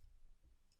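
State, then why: Not seated. The tabs on the arms of a plastic transforming robot toy are pushed together toward small square holes in its body during a transformation. Only low, soft handling noise is heard for the short clip, with faint high tones near the start and around 0.7 s. Nothing has seated or clicked into place yet.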